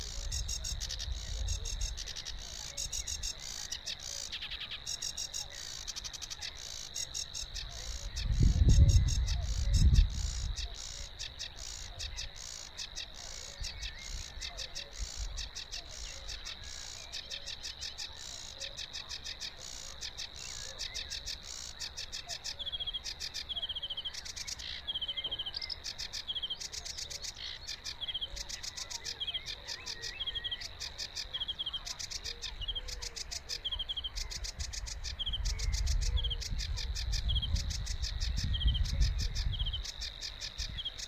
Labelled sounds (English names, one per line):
Sedge Warbler song